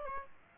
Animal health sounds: mosquito wingbeat signal from an infrared sensor; Aedes aegypti

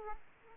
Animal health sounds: mosquito wingbeat signal from an infrared sensor; Aedes aegypti

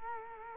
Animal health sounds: mosquito wingbeat signal from an infrared sensor; Culex quinquefasciatus

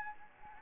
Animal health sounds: mosquito wingbeat signal from an infrared sensor; Anopheles gambiae

